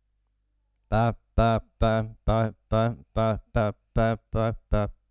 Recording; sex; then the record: repeated syllable /pa/; male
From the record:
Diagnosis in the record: Parkinson's disease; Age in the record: 72 years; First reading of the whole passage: 118 s, 4.4 characters per second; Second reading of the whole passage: 99 s, 5.2 characters per second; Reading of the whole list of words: 88 s, 3.2 characters per second